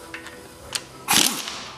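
A hex (Allen) key is turned in the stripped-out hex socket head of a bolt on an oil line of an AAN engine. Instead of gripping, it slips in the rounded socket with sharp metallic clacks at about 0.8 s and 1.3 s, amid a louder scraping burst from about 1.1 s. The bolt head is stripped, with nothing left for the key to grip.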